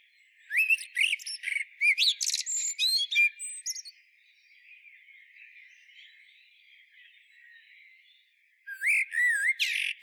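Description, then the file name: Eurasian blackbird song phrase of rich fluty whistles running into high, squeaky chattering, a quiet gap, then a new warbled phrase starts. "Turdus merula"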